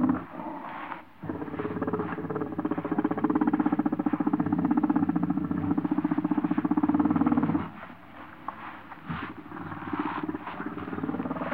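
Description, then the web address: Common warthog growling, a rough pulsing snarl of rapid grunts, continuing for several seconds before it eases into lower rumbling grunts. Warthogs growling and snarling, recorded close up in Africa. "BBC Sound Effects Library. Wart Hogs- close up growls, snarls"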